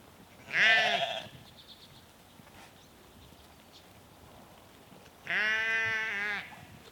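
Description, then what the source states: Sheep bleating: a short bleat, then after a long quiet stretch a longer bleat. Sheep from a small herd in Norway.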